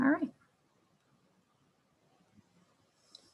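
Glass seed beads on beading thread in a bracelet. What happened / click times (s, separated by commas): The small beads popped into place / 3.1 s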